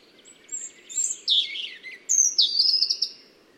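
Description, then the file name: European robin song: thin, high, varied phrases mixing sliding whistles and rapid twittering trills, separated by short pauses, over a faint low background hum. "Erithacus rubecula"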